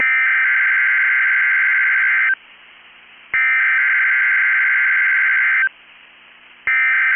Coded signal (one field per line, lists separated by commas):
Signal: Emergency Alert System (SAME) tones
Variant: header bursts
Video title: NOAA Weather Radio KEC65 - Required Weekly Test (EAS #47)